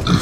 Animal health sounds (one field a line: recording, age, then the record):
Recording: pig call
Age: growing-finishing pig (85 days or more)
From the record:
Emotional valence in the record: positive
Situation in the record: run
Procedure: transit